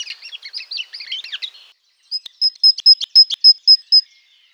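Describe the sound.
Bird calls: a jumble of high, chattering chirps, a short pause, then a series of several sharp, high notes.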